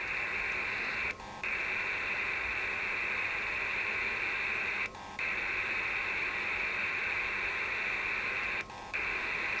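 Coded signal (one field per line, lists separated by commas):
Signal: HF data modem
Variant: PACTOR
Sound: steady dense hiss-like data roar, interrupted by three short breaks for turnaround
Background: radio static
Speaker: if you can hear the through the speaker of the radio the signal connection isn't that great so it's weak propagation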